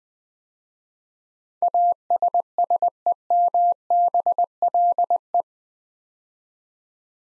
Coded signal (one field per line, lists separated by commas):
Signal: Morse code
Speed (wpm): 20 wpm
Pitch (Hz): 700 Hz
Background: none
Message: ASSEMBLE